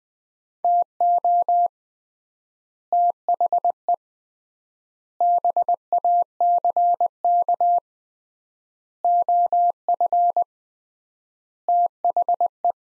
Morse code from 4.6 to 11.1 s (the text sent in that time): BACK OF